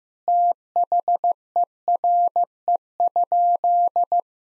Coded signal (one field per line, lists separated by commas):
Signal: Morse code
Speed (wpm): 15 wpm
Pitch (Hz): 700 Hz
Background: none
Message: THERE?